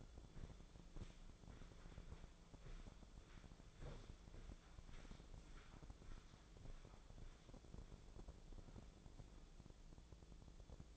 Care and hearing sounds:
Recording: daily activity, microphone in the room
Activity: walk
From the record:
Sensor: 5

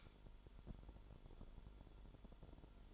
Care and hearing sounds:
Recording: daily activity, microphone in the room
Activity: light on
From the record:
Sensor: 5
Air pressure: 1008.0 hPa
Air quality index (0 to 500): 104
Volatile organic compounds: 1 ppm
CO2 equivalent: 807 ppm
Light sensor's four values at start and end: 30/69/28/27 and 30/70/28/27

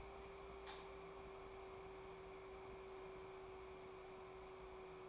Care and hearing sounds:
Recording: daily activity, microphone in the room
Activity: light on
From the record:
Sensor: 1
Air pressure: 1010.2 hPa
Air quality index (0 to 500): 172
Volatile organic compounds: 12 ppm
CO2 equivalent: 2361 ppm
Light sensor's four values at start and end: 52/135/55/70 and 55/148/60/75

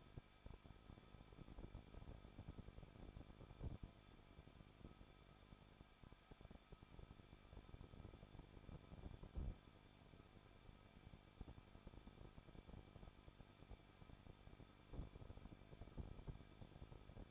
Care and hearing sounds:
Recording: daily activity, microphone in the room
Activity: no activity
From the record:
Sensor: 5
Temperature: 20.9 degrees Celsius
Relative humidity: 38.3%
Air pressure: 1006.4 hPa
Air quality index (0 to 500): 189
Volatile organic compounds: 19 ppm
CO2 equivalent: 2666 ppm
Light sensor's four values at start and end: 2/3/1/1 and 2/3/1/1

